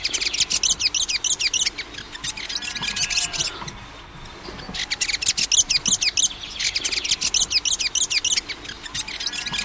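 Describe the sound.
Fantail chattering song: fast, high, squeaky notes in quick rhythmic series, with a short quiet gap in the middle.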